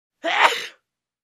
Elder Lady Sneeze.